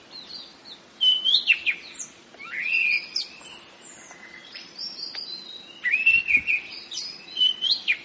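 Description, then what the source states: Orange-headed thrush song: varied, rapid whistled phrases sliding up and down, rich and rolling, with pauses between bursts over a steady low hum. Rolling song style called ngeroll; bird named as the anis cendana type.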